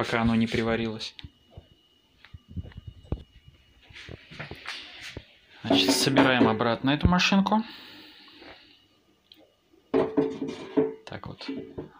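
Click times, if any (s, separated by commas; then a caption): none. Someone talks while reassembling the basket unit of a KITFORT KT-2206 Eva air fryer, pushing the basket and its handle assembly back together, with soft knocks and handling taps between the speech. Nothing has seated or clicked yet; the clip ends just before the parts go home.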